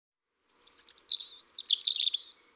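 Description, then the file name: European robin song: one unbroken phrase of quick, thin, high notes, trilled and twittering, with brief pure whistles tumbling together for about two seconds. "Rougegorge familier"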